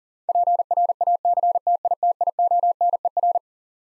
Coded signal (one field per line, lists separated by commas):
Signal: Morse code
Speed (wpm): 40 wpm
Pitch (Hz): 700 Hz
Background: none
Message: PRACTITIONER